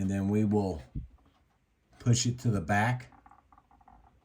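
A plastic part of a scale emergency vehicle model is handled at the back of the truck chassis, behind the cab support, while someone talks. After the talking, a few faint light taps sound around 3.3 and 3.6 seconds, but nothing has seated or clicked yet; the part is not yet locked into place.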